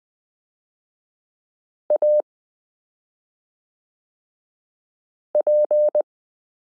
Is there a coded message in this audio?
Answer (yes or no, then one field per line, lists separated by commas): yes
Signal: Morse code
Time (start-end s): 1.9-6.0 s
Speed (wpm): 20 wpm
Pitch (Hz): 600 Hz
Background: none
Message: AP